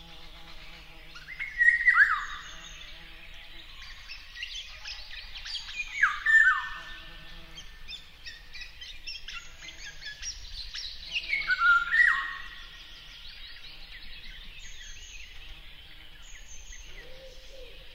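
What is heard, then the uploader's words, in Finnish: A lakeside forest on an early summer morning, with a golden oriole in the birches. Three loud calls sweep downward at about 2, 6 and 12 seconds, over a constant busy chatter of smaller birds and a low, steady hum. Kuhankeittäjän rantakoivikko. Järven rantametsä herää alkukesän aamuun.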